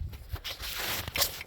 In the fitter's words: So now you push this into the cap and you'll feel it click in,